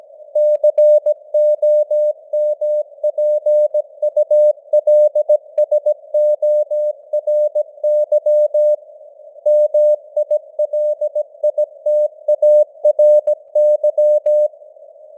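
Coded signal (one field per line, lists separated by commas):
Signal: Morse code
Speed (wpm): 17 wpm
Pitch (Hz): 600 Hz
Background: none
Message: COMPULSORY MILITARY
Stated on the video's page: Morse news headlines at 17 wpm with simulated radio noise and varying signal strength (QSB).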